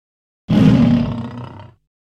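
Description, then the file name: Lion roaring: one deep, rough roar starting abruptly loud, then fading over about a second, with silence before and after. "Digiffects Sound Effects Library - Lion Roars Version 3"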